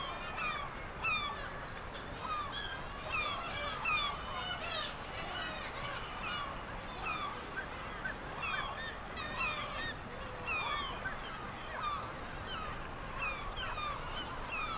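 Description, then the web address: Black-legged kittiwakes calling, many nasal, rising and falling cries overlapping continuously. "sound Black-legged-kittiwake. صدای-پرنده-کاکایی-پاسیاه"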